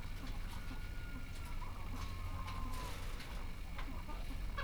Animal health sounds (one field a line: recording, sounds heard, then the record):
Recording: poultry house recording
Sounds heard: sick chickens (respiratory disease)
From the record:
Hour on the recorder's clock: 14